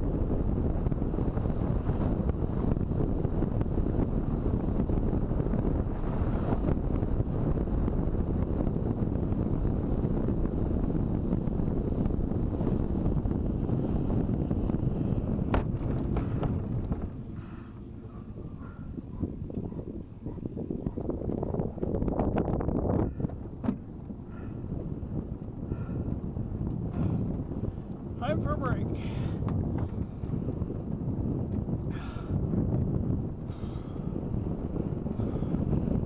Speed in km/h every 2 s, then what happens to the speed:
45, 45, 45, 44, 43, 42, 35, 21, 12, 10, 10, 12, 14, 16, 16, 17, 18, 18.
0-11 steady at about 44. 11-17 brakes to 10. 17-36 speeds up to 18.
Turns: 15-24.